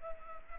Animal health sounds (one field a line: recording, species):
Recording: mosquito wingbeat signal from an infrared sensor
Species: Culex pipiens